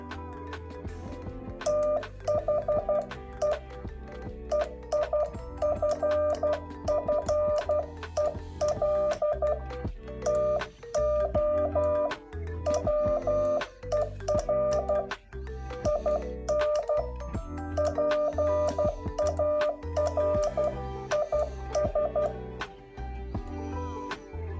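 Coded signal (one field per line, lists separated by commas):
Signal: Morse code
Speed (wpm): 12 wpm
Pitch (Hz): 600 Hz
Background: music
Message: THE EIFFEL TOWER IN PARIS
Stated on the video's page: Morse code quiz.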